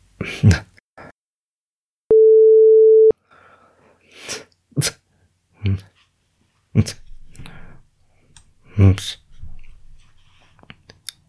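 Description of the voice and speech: About eight brief, abrupt, wordless noises from an adult man with Tourette syndrome, diagnosed around 2016: short grunts, hums, sniff- and snort-like bursts, lip smacks, tongue movements and mouth clicks. They come in irregular spurts amid near silence, with one steady sine-wave tone as a separator. These are vocal tics of Tourette syndrome.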